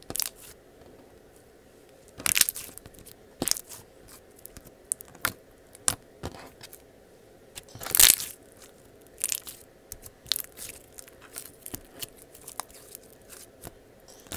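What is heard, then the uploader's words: Slime being squeezed and pressed, with irregular sharp crackling pops every second or so, a louder squelchy burst near eight seconds, over a soft low hum. Slime.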